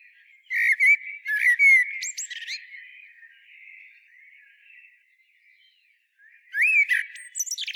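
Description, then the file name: Common blackbird calling: loud, whistled notes rising and bending, with sharp high clicks, in bursts near the start and again near the end, with softer warbling between. "Turdus merula"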